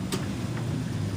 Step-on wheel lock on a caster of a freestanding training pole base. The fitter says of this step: and lock it in position once it's locked in position this thing will not roll obviously